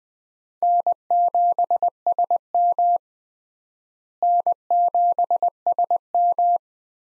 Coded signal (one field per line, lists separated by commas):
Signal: Morse code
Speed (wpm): 20 wpm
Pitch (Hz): 700 Hz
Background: none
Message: N7SM N7SM